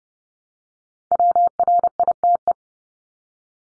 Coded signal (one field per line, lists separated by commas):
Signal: Morse code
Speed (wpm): 30 wpm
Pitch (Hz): 700 Hz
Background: none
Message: WRITE